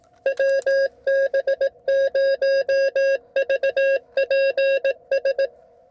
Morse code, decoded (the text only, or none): WB0VPS